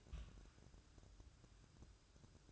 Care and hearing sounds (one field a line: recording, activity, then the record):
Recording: daily activity, microphone in the room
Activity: place on stove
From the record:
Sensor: 2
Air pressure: 1007.8 hPa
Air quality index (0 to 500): 103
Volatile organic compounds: 1 ppm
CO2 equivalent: 772 ppm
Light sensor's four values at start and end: 6/15/6/6 and 6/15/6/6